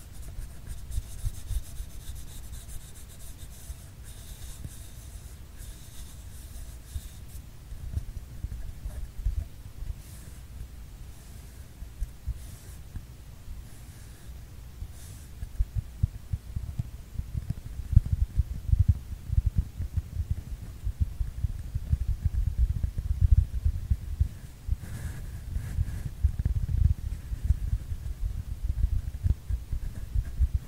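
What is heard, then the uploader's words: Low, thudding rumbles from a paper tube with scratchy rubbing sounds, starting faint and growing denser and louder after fifteen seconds. PAPER TUBE SOUND ASMR.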